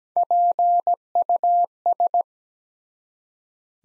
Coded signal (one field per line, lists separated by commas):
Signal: Morse code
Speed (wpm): 17 wpm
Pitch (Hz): 700 Hz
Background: none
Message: PUS